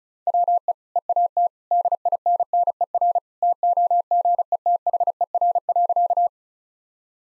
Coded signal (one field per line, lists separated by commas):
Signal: Morse code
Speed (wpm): 36 wpm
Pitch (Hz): 700 Hz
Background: none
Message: WE EAT DINNER TOGETHER.